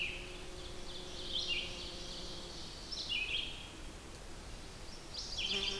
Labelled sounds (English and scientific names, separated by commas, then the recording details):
Red-eyed Vireo (Vireo olivaceus) song
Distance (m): 35 m
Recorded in boreal forest in Alberta, Canada, on 8 June 2016 at 07:57
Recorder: SongMeter 3, array SBT-3-9
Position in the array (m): 10 m, 113 m